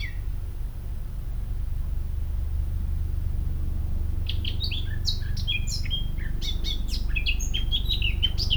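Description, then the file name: Eurasian blackcap song: after a brief note at the start and about four seconds of quiet, a fast, varied warble of scratchy and clear notes begins and runs to the end over a low steady rumble. "Sylvia atricapilla"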